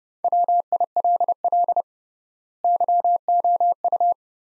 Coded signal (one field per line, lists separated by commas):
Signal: Morse code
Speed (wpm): 32 wpm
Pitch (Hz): 700 Hz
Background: none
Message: WILL YOU